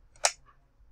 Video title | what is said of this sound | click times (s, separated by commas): Scanner Canon Canoscan 4200F Bisa Scan Klise Negative dengan holder h endrasp shopee | Baru Anda pencet di sudut kirinya sampai suara klik | 0.2 s